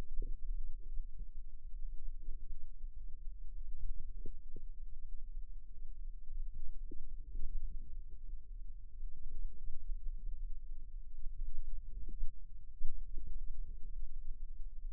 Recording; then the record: forearm muscle sounds (acoustic myography)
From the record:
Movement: inward rotation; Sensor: system 2, bracelet of six BSWA MPA416 microphones around the upper forearm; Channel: 1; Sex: female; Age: 22 years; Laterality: right